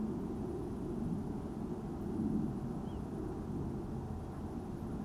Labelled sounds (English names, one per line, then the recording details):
Little Ringed Plover
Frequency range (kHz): Little Ringed Plover 2.7-3.4 kHz
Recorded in France